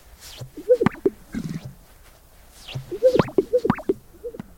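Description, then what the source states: Greater sage-grouse display: two bursts of popping, gulping notes with swishing sweeps, in otherwise quiet surroundings. Males' mating display: they inflate their chests, fan out their tail feathers and dance to vie for females' attention.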